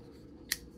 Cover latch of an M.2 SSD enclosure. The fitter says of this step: and then you want to get it back out you just click the loop again